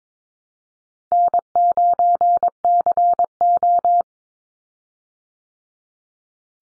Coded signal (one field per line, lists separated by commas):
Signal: Morse code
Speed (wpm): 22 wpm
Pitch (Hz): 700 Hz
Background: none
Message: N9CO